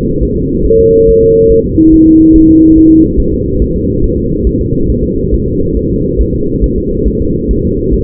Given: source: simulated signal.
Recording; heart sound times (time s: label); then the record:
fetal heart sounds
0.23 s: S1
0.37 s: S2
0.66 s: S1
0.80 s: S2
1.09 s: S1
1.23 s: S2
1.52 s: S1
1.66 s: S2
1.94 s: S1
2.08 s: S2
2.36 s: S1
2.50 s: S2
2.78 s: S1
2.92 s: S2
3.20 s: S1
3.34 s: S2
3.62 s: S1
3.76 s: S2
4.04 s: S1
4.18 s: S2
4.47 s: S1
4.61 s: S2
4.90 s: S1
5.04 s: S2
5.34 s: S1
5.47 s: S2
5.77 s: S1
5.91 s: S2
6.21 s: S1
6.35 s: S2
6.64 s: S1
6.78 s: S2
7.08 s: S1
7.21 s: S2
7.51 s: S1
7.65 s: S2
7.94 s: S1
From the record:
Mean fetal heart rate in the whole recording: 140 bpm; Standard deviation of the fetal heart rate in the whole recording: 2 bpm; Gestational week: 34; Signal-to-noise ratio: -15.3 dB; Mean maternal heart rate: 72 bpm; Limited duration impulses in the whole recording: present